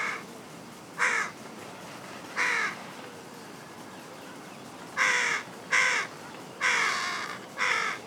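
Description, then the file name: Carrion crow giving hoarse caws, a few spaced calls first, then a quicker burst of four caws toward the end. "Corvus corone"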